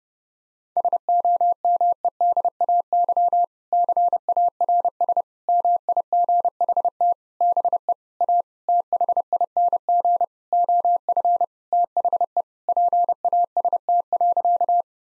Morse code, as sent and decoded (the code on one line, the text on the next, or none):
... --- -- . -.. .- -.-- / -.-. .- .-. ... / -- .. --. .... - / -... . / .- / - .... .. -. --. / --- ..-. / - .... . / .--. .- ... - .-.-.-
SOMEDAY CARS MIGHT BE A THING OF THE PAST.